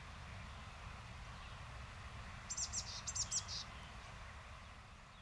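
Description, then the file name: Eurasian blue tit calling with two short runs of thin, high-pitched notes midway through, with low rumbling noise throughout. "Cyanistes caeruleus"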